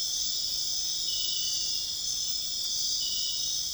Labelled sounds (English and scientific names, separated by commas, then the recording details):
none
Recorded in dense forest near Puerto Asís, Putumayo, Colombia, on 18 February 2024 at 00:30
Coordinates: 0.502, -76.324
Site G6370